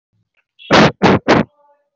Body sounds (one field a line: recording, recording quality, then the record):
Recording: heavy voluntary cough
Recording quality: excellent, no background noise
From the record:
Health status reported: healthy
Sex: male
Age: 25 years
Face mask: not worn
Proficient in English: yes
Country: India